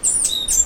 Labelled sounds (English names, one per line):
Stitchbird song